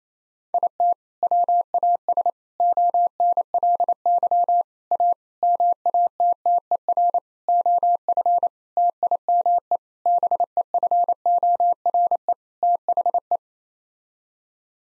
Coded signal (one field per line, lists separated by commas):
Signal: Morse code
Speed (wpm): 28 wpm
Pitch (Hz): 700 Hz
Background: none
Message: IT WAS ONLY A MATTER OF TIME BEFORE THE